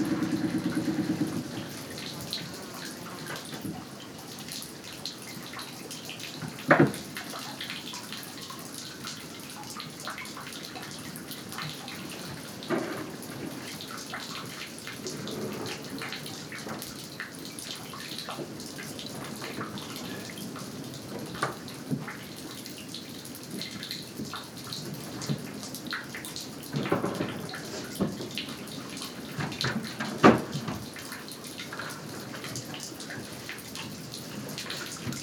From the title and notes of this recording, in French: Petit port d'Hafnarholmi au nord-est de l'Islande. De l'eau coule sous un ponton. J'y place mes micros.